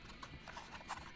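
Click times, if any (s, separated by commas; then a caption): none. After cleaning the bean sensor on a Jura Impressa S/X/XS espresso machine, the plastic bean sensor cover is handled and pressed back toward the sensor housing to be snapped back in. Only a few light, short plastic taps and knocks are heard, the sharpest near 0.2 s and 0.5 s. The cover has not seated or clicked into place yet.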